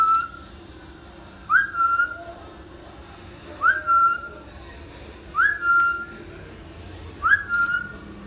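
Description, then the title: Hill myna giving short whistled notes, each rising then held steady, repeated roughly every two seconds with quiet gaps between. Actively singing hill myna, recording intended as a tutor for training other birds. "Suara Burung Beo Gacor Cocok Untuk Masteran"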